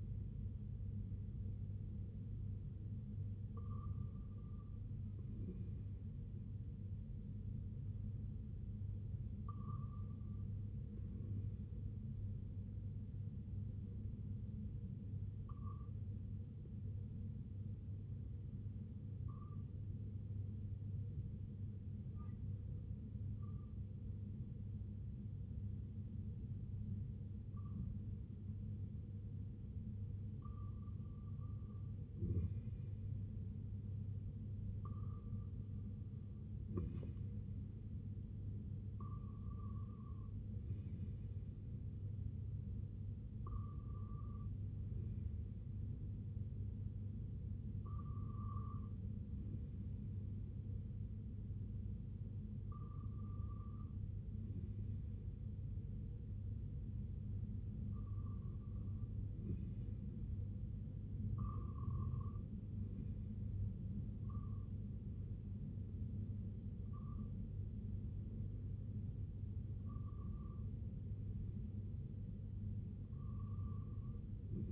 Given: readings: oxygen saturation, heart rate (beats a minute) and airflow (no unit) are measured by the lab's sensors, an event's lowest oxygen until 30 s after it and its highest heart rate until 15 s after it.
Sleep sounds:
breathing in sleep by a smartphone at the bedside; 1
18.00-37.50 s: hypopnea (REM, oxygen 98% highest, then 95% lowest, heart rate 65 at the start, 71 highest)
From the record:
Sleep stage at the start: REM sleep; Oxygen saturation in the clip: 94 to 98%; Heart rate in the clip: 59 to 71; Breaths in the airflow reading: 18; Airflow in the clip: -7.7 to 4.6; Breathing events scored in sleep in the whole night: 258 in 7.4 hours asleep

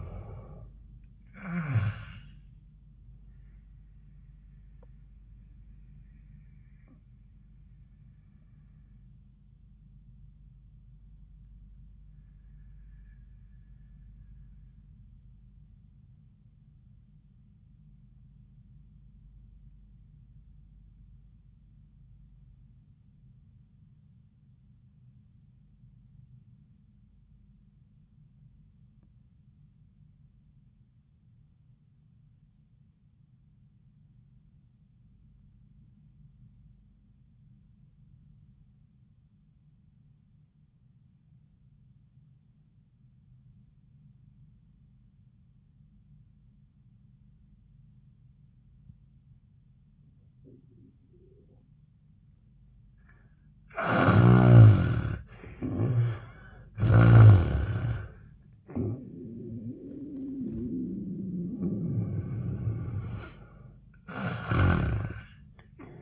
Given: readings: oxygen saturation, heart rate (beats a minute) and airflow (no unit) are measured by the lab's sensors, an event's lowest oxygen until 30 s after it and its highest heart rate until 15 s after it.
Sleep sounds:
breathing in sleep by a smartphone at the bedside; 1
9.00-53.70 s: obstructive apnea (N1, oxygen 98% highest, then 64% lowest, heart rate 80 at the start, 90 highest)
15.00-45.00 s: new sleep stage, REM sleep
45.00-66.02 s: new sleep stage, N1 (lightest sleep)
From the record:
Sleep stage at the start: N1 (lightest sleep); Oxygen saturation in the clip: 67 to 98%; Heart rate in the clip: 62 to 92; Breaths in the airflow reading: 4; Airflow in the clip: -22.1 to 10.4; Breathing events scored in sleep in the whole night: 400 in 8.7 hours asleep

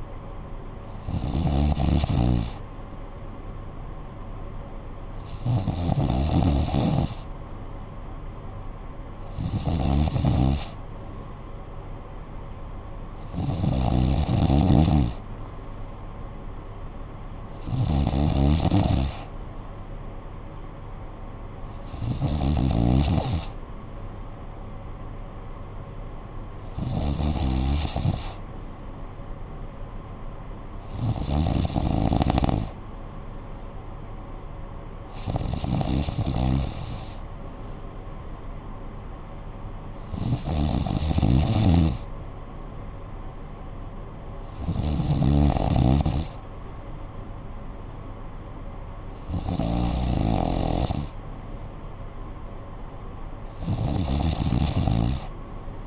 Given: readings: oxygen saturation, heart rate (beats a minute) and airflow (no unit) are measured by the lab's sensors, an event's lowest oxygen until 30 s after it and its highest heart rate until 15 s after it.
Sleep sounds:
breathing in sleep by a smartphone at the bedside; none
24.00-55.87 s: new sleep stage, N2 (light sleep)
From the record:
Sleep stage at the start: N3 (deep sleep); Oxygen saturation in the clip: 93 to 94%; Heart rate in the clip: 54 to 60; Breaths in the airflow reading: 13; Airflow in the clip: -9.4 to 5.6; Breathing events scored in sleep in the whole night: 445 in 7.6 hours asleep

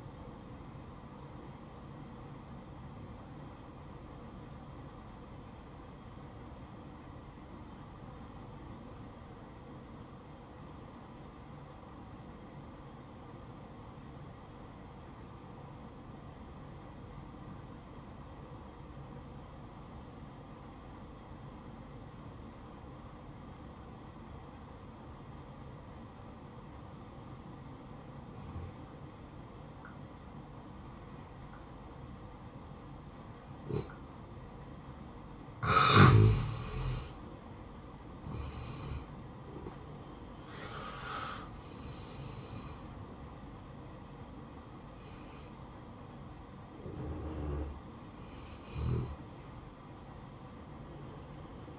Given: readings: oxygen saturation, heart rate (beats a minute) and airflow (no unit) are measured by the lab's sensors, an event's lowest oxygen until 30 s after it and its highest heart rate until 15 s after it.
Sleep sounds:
breathing in sleep by a smartphone at the bedside; 1
3.00-35.30 s: obstructive apnea (N1, oxygen 95% highest, then 83% lowest, heart rate 61 at the start, 74 highest)
From the record:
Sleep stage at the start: N1 (lightest sleep); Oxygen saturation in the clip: 84 to 95%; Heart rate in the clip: 57 to 74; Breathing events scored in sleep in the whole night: 573 in 9.8 hours asleep

